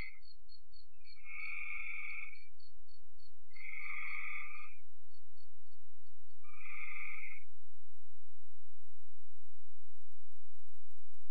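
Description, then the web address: Frog calls as three short buzzy bursts about two and a half seconds apart, with a run of quick high ticking notes alongside, then quiet. "cn frogs"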